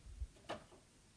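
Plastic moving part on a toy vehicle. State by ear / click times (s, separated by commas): partly seated / 0.5 s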